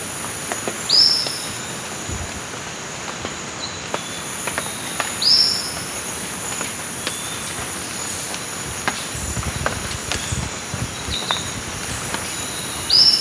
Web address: songs Tufted Flycatcher